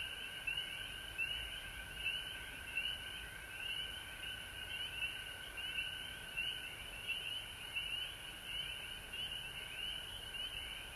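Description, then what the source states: Many frogs calling together, a steady piercing trill beneath bursts of short rising chirps repeating irregularly throughout. Frogs recorded at home in Georgia on March 19, 2020.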